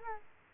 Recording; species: mosquito wingbeat signal from an infrared sensor; Culex quinquefasciatus